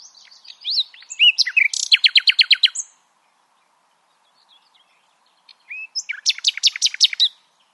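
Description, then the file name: Common nightingale delivering a twittering phrase that builds into a rhythmic volley of repeated sharp notes, a silent gap, then a second phrase of loud repeated strokes. "Luscinia megarhynchos"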